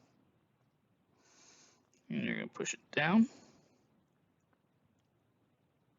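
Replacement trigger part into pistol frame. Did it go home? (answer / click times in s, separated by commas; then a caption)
no / none. A Wilson Combat short reach replacement trigger part is being pushed down into a Beretta pistol frame during a trigger upgrade, and it has not seated or clicked yet. Faint handling rustle is heard around 1.2–1.7 s with a small tap near 1.9 s, then someone talks from about 2.1 to 3.4 s.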